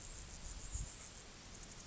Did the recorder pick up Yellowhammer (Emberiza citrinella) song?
no